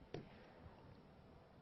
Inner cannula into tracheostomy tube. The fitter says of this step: you want to go clockwise and when you go clockwise you'll actually hear it click